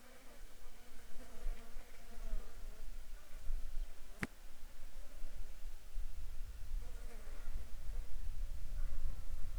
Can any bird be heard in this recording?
no